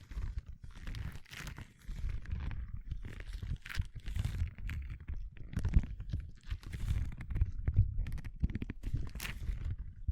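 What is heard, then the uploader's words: Continuous crinkling and rubbing of gloves, with soft low handling thumps and brighter crackly bursts arriving every second or so. ASMR 1 HOUR of Gloves Sounds for People who want tingles (No Talking).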